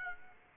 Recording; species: mosquito wingbeat signal from an infrared sensor; Aedes aegypti